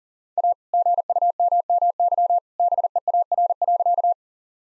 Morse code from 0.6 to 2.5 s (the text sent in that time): GUMMY